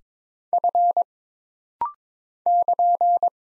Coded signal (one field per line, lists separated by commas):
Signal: Morse code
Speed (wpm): 22 wpm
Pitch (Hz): 700 Hz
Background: none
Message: F <KN>